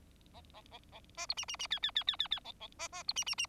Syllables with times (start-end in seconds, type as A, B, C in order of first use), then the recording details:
0.33-0.41 A, 0.54-0.61 A, 0.71-0.78 A, 0.92-1.00 A, 1.17-1.26 B, 1.29-1.34 C, 1.37-1.45 D, 1.48-1.56 D, 1.59-1.67 D, 1.70-1.79 E, 1.82-1.91 E, 1.95-2.04 E, 2.07-2.16 E, 2.19-2.28 E, 2.31-2.40 E, 2.44-2.52 A, 2.60-2.67 A, 2.79-2.88 B, 2.92-3.03 B, 3.08-3.13 C, 3.16-3.24 D, 3.26-3.35 D, 3.38-3.46 D. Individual Bird4